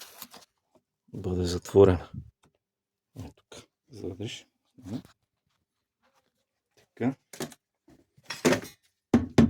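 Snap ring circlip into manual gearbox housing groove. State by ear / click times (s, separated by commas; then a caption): seated / 9.1 s, 9.4 s. During final assembly of a Honda Jazz manual gearbox, a snap ring (circlip) is pushed into its groove inside the gearbox housing while someone talks. Two sharp metallic hits at 9.1 s and 9.4 s mark the circlip snapping into the groove. It seats, and the gearbox is closed.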